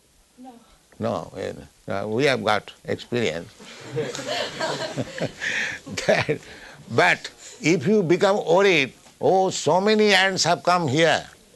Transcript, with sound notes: No. No. We have got experience. [laughs] But if you become worried, "Oh, so many ants have come here.